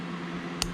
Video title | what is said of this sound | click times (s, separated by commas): Escape and Concealment Part 1: Intro and Basic Handcuff Escape | You hear that big click, and then now that piece of metal has been moved into here. | 0.6 s